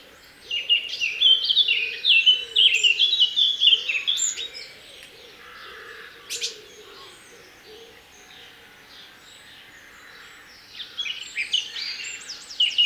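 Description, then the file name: Eurasian blackcap giving a lively warbled phrase of quick twittering and flutey notes, then softer scratchy sounds, and a second warble starting near the end. "Sylvia atricapilla"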